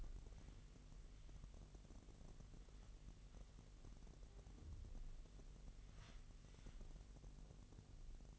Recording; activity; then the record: daily activity, microphone in the room; wipe stove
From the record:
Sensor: 4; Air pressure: 1001.7 hPa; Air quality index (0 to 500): 247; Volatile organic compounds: 40 ppm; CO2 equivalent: 3147 ppm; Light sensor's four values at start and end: 8/19/7/7 and 8/18/7/6